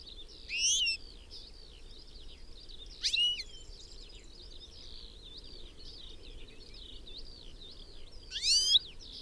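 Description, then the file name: European goldfinch calls: three loud, sharp liquid bursts spaced a few seconds apart, over continuous soft twittering. "Carduelis carduelis"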